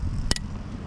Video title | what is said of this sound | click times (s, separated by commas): Turning My Stock Audi B9 S4 Into a Monster (Part 1) – FIRST Mods: 034 Catch Can + New PCV Breather 😈 | until you hear a click. That's in. | 0.3 s